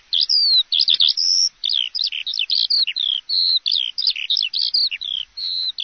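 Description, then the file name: Eurasian skylark song: a fast, unbroken stream of high chirps, trills and slurred whistles, varied notes tumbling one after another without pause. "Alouette des champs"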